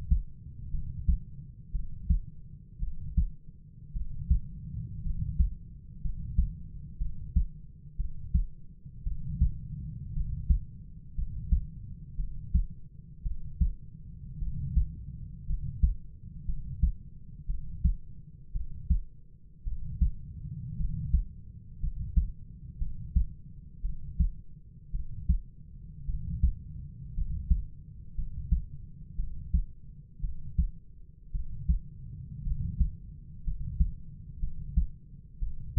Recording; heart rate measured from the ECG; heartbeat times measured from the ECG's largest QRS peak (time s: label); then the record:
heart sounds by stethoscope; 57 bpm
0.71 s: heartbeat
1.72 s: heartbeat
2.80 s: heartbeat
3.93 s: heartbeat
5.03 s: heartbeat
6.01 s: heartbeat
6.98 s: heartbeat
7.97 s: heartbeat
9.04 s: heartbeat
10.13 s: heartbeat
11.15 s: heartbeat
12.16 s: heartbeat
13.23 s: heartbeat
14.39 s: heartbeat
15.46 s: heartbeat
16.46 s: heartbeat
17.47 s: heartbeat
18.52 s: heartbeat
19.64 s: heartbeat
20.77 s: heartbeat
21.80 s: heartbeat
22.78 s: heartbeat
23.82 s: heartbeat
24.92 s: heartbeat
26.06 s: heartbeat
27.14 s: heartbeat
28.15 s: heartbeat
29.16 s: heartbeat
30.21 s: heartbeat
31.32 s: heartbeat
32.44 s: heartbeat
33.44 s: heartbeat
34.40 s: heartbeat
35.39 s: heartbeat
From the record:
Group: healthy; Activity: rest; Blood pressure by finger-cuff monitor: 99/52 mmHg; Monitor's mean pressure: 63 mmHg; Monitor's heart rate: 56 bpm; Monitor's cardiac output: 5 L/min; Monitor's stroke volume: 88 mL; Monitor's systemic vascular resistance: 900 dyn s/cm5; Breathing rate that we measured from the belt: 11 breaths a minute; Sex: male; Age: 25 years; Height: 170 cm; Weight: 70.4 kg